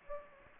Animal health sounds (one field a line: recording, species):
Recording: mosquito wingbeat signal from an infrared sensor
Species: Aedes aegypti